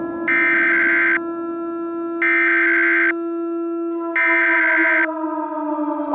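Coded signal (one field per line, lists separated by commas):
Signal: Emergency Alert System (SAME) tones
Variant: header bursts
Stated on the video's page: Fictional EAS scenario; voice made with text-to-speech software (Balabolka, SAPI5 Tom).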